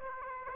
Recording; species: mosquito wingbeat signal from an infrared sensor; Aedes aegypti